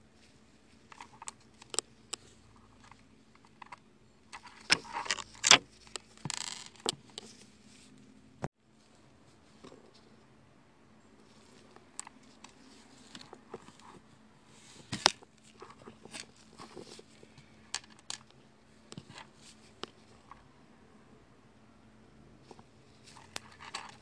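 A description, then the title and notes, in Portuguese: Someone making a keychain: small clicks, taps and light metallic clatter arrive in irregular bursts, busiest around five to seven seconds and again near fifteen. A steady low hum runs underneath the whole time, with quiet stretches between the handling noises. ASMR - fazendo um chaveiro.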